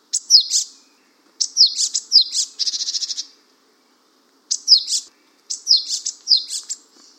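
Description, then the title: Japanese tit giving high, clipped chirping phrases; one phrase runs into a fast buzzy rattle before a pause and more chirps. "suara burung gelatik batu jepang"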